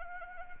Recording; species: mosquito wingbeat signal from an infrared sensor; Anopheles arabiensis